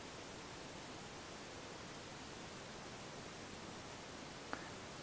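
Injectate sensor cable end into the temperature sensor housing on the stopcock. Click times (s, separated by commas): 4.5 s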